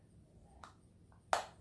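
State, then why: Seated. A flip-up lens cover on an OTW 3-9×40 tactical rifle scope, already mounted on the gun, is worked by hand. It snaps shut with a sharp click at 1.3 s after a fainter tick at 0.6 s, and the cover is seated.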